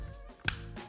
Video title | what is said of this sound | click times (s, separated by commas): MagnaClean Professional2® - High-Quality Boiler Magnetic Filter - Everything you need to know | Click there we are that is now locked on you are not going to | 0.5 s